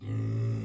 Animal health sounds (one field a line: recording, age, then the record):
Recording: pig call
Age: weaner (32 to 43 days)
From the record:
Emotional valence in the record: negative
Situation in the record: long isolation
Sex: female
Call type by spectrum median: low-frequency call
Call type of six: low-frequency stable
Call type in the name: low-frequency stable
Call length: 0.65 s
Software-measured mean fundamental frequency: 55 Hz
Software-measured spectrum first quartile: 111 Hz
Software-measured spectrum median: 138 Hz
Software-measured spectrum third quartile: 255 Hz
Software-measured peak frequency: 115 Hz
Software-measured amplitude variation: 49 dB a second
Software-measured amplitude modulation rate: 24.7 a second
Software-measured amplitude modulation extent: 2.0 dB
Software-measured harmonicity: 13.6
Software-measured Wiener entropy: -0.40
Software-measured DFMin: 792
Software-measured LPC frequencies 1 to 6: 194, 1117, 2018, 2709, 3631, 5046 Hz